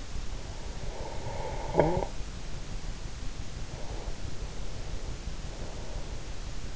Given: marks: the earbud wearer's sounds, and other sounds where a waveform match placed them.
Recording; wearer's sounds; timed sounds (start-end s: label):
sounds in sleep by an in-ear microphone; breath, talking in sleep
0.90-2.23 s: breath
1.65-2.23 s: talking in sleep
3.59-5.09 s: breath
5.54-6.65 s: breath